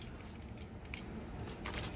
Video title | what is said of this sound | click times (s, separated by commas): Edoggz Reviews: Transformers Kingdom WFC Huffer and RANT about Pipes pricing. | all right and it's going to snap into place | 0.9 s, 1.7 s